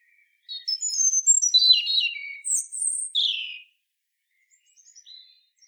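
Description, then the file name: European robin with one long, high warbled phrase of thin whistles, rapid trills and downward slides, followed by a few faint soft notes. "Erithacus rubecula"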